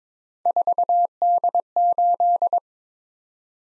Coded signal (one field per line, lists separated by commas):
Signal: Morse code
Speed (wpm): 22 wpm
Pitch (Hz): 700 Hz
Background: none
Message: 4D8